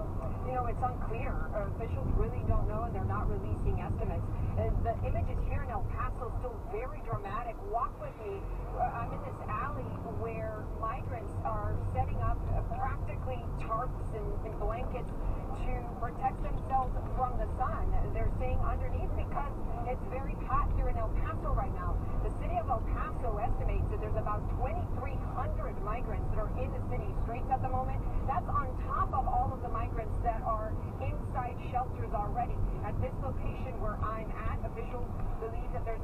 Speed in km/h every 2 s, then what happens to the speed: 26, 24, 21, 11, 6, 15, 19, 23, 24, 26, 27, 29, 29, 29, 31, 29, 27, 23.
3-7 brakes to 6. 7-21 speeds up to 29. 21-31 steady at about 29. 31-36 slows to 23.